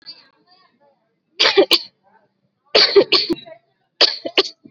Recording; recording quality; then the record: shallow voluntary cough; excellent, no background noise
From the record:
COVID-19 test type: RT-PCR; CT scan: not taken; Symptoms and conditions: none ticked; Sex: female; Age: 20 years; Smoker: no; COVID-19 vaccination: both doses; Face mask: worn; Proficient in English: yes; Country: India